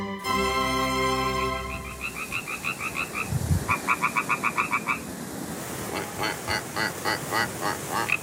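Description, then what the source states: Frogs croaking in rapid pulsed bursts, several runs in a busy sequence, after a brief steady tonal hum at the start. A pond full of frogs near Heraklion, Crete, recorded on holiday; someone holds a whole conversation, a debate, with the frogs.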